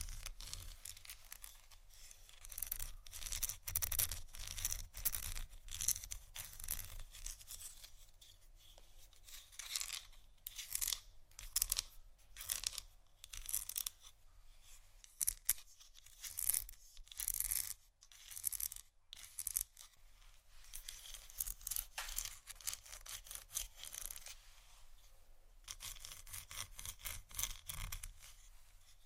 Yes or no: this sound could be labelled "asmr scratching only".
yes